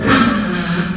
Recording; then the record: squeal of a Yucatan mini pig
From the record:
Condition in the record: after surgery on the right vocal fold (resection and tissue-engineered implant); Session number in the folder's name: 9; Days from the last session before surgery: 65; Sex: female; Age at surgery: 19 weeks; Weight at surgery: 25 kg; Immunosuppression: prednisolone